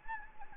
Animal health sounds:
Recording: mosquito wingbeat signal from an infrared sensor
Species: Anopheles gambiae

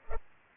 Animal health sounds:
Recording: mosquito wingbeat signal from an infrared sensor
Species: Culex pipiens

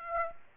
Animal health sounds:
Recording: mosquito wingbeat signal from an infrared sensor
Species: Aedes aegypti

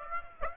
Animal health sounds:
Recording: mosquito wingbeat signal from an infrared sensor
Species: Aedes aegypti

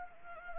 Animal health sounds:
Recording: mosquito wingbeat signal from an infrared sensor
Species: Anopheles gambiae

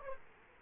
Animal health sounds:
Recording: mosquito wingbeat signal from an infrared sensor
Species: Aedes aegypti

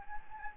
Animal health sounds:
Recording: mosquito wingbeat signal from an infrared sensor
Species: Anopheles gambiae

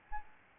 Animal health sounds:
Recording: mosquito wingbeat signal from an infrared sensor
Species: Aedes albopictus

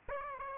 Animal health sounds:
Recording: mosquito wingbeat signal from an infrared sensor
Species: Aedes aegypti

